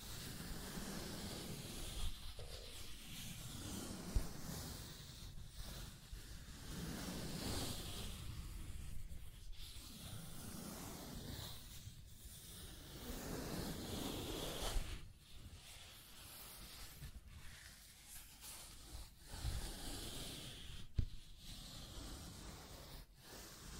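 Scratching and tracing sounds: continuous rough rubbing strokes with a hissy, papery texture that rise and fall in loudness. Brief gaps and sharper scrapes break the flow irregularly, with a few harder ticks near 4, 15 and 21 seconds.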